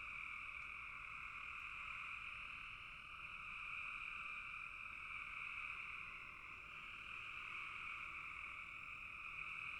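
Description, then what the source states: Frogs calling in a dense, steady chorus, a continuous rasping hum with two bright pitch bands that barely change throughout. Frogs calling in a bog.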